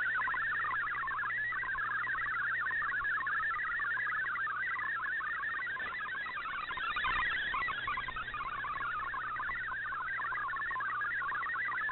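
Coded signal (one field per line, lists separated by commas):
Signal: multi-tone FSK (Olivia or MFSK type)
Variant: MFSK32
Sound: rapid warbling stepped tones hopping around 1-2 kHz, like a fast burbling melody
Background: radio static, low hum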